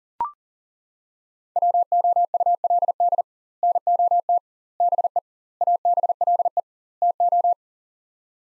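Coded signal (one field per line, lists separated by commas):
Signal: Morse code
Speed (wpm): 40 wpm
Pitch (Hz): 700 Hz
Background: none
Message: WOULD NOT BE ABLE TO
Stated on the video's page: Head-copy drill of five-word sets at 40 wpm with 2x word spacing, a Farnsworth-like method; each set sent, spoken, then sent again.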